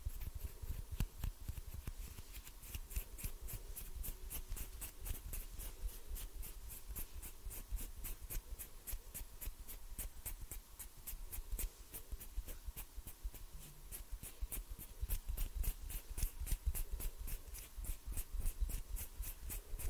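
Hand sounds with finger fluttering: a rapid, fairly regular stream of crisp little taps and rubs, several per second, running through all twenty seconds. The pace is steady with slight swells, and a soft low rumble sits underneath. No voice is heard.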